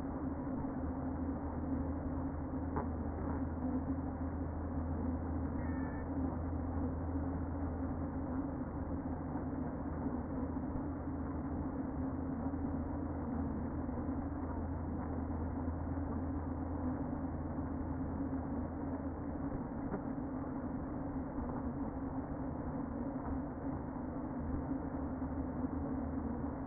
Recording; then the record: honeybee colony, microphone inside the hive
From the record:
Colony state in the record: queen present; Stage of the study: before two queens were removed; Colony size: about 60,000 bees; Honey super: yes